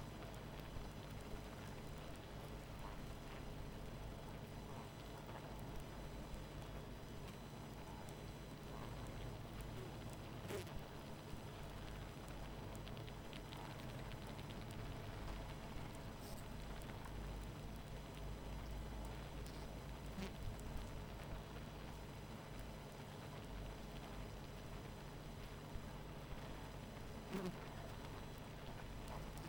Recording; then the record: honeybee colony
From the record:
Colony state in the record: missing queen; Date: 14 July 2017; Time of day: 19:30